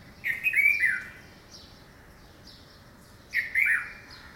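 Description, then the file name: Red-vented bulbul calling: a bubbly cluster of liquid chirping notes, then a quiet gap, then another short chirpy phrase; a faint rhythmic ticking sound continues behind. "Pycnonotus cafer - Red-vented Bulbul"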